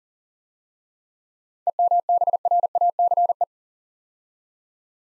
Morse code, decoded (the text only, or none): EMBRACE